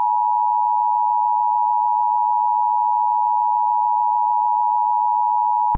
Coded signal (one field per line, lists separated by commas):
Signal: Emergency Alert System (SAME) tones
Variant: 853 and 960 Hz attention tone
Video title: EAS Scenario #12: Irish Republican Army Insurgency.